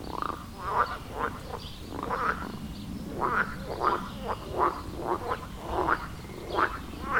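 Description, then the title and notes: Frogs croaking in a loose chorus, short rasping calls overlapping irregularly, roughly one burst every second, with a steady low background hum. Frog chorus at the village pond in Wohlsborn, Germany; recorded with a TASCAM DR-40X. "Wohlsborn, Deutschland - Froschkonzert. Frog concert. Froschkonzert am Dorfteich in Wohlsborn"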